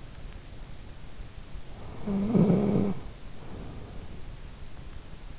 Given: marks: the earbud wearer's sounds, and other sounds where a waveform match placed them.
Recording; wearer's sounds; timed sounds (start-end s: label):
sounds in sleep by an in-ear microphone; snoring breath
1.83-4.66 s: snoring breath